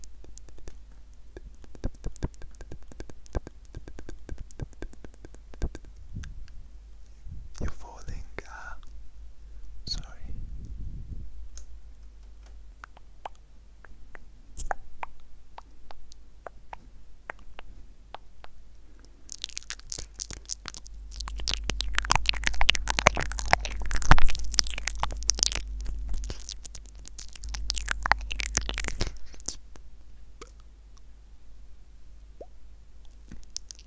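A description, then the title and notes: Lo-fi mouth sounds: scattered wet clicks, pops and smacks over a low hum, with a few soft breathy sounds near eight to eleven seconds. From about twenty to twenty-nine seconds a dense, bright burst of crackly spitty noise and louder rumbling takes over before things thin out again. Apple Microphone Mouth Sounds (LOFI).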